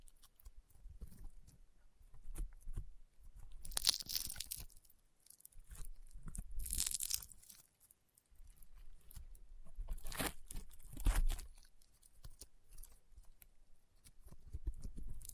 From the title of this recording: EXTREME CRUNCHY AND POPPING SOUNDS Rainbow Honeycomb Slime